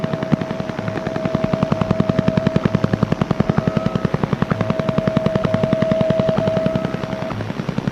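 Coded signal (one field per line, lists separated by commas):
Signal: radar signal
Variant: Russian Woodpecker (Duga)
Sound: fast sharp repetitive tapping about ten per second, with a faint steady tone underneath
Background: radio static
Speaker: the Russian woodpecker dua1 radar station in Chernobyl emitted a distinctive tapping sound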